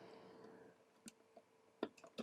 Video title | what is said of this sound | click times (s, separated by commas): The Robot Program 014 - Building Roli | we go we want to hear that click to make sure we know it's connected nice and snug perfect | 1.8 s